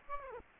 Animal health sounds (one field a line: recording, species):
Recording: mosquito wingbeat signal from an infrared sensor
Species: Aedes aegypti